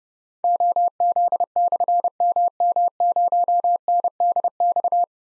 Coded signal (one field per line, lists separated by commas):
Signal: Morse code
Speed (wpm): 30 wpm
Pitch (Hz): 700 Hz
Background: none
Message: OZ/MM0NDX